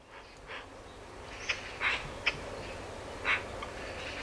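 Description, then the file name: Eurasian magpie giving a few scattered harsh, rasping calls, spaced irregularly over a few seconds. "Pica pica"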